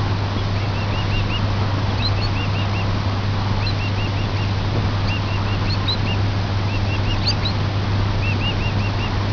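Sandpiper calls: short arched whistled notes in quick bursts of three or four, repeated throughout, over a steady low hum.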